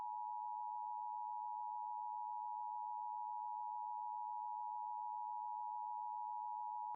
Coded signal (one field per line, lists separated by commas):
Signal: Emergency Alert System (SAME) tones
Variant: 853 and 960 Hz attention tone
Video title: LIVE AM/MW DX: DX Central Live - S. 4, Ep. 16 | Friday, April 26, 2024